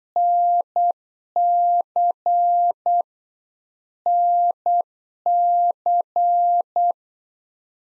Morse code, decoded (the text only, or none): NC NC